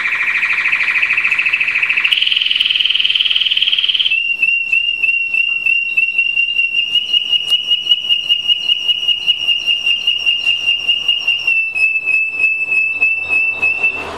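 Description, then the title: American Singer canary singing a sustained rolling trill that steps up in pitch, followed by a long level whistled note over fast repeated clicks. "Kenari American Singer"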